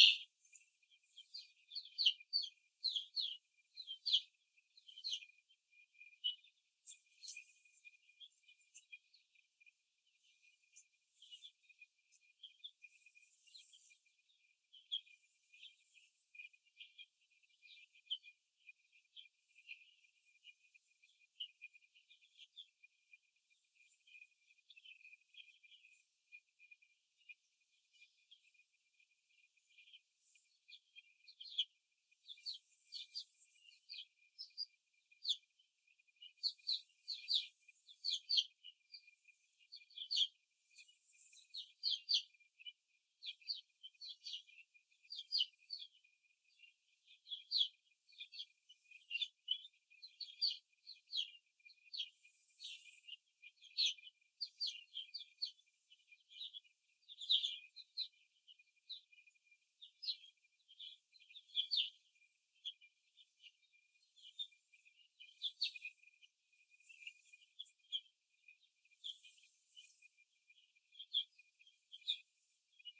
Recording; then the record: young laying hens in a cage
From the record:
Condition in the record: after the stressor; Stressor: simulated dog barking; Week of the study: 2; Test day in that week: 2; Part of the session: 2